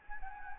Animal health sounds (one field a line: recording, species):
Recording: mosquito wingbeat signal from an infrared sensor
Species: Anopheles gambiae